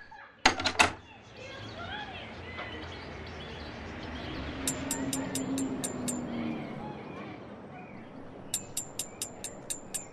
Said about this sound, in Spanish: te aseguro que el día que aparezca la mujer de mis sueños, ella va a venir a buscarme. Va a tocar la puerta y yo la voy a recibir.